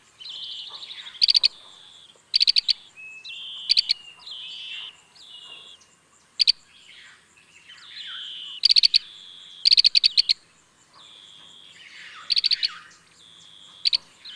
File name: abelharuco verde Merops orientalis